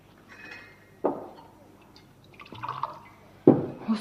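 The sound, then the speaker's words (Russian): Water trickles and splashes into a glass in short bursts, with two sharp knocks of glass and a brief ringing tone between them, fairly quiet and without any talking. “Дай мне воды-то, я говорить не могу.”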